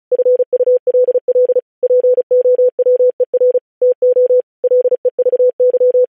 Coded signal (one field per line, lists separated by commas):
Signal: Morse code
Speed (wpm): 36 wpm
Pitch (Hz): 500 Hz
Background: none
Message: FULL POWER TO LEVY